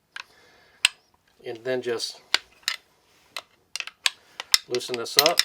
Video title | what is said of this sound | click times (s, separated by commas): Ryobi 18V 1+ Trim Router | want to twist this little bit push this down push it around this our tourist twist until it locks into place | 0.8 s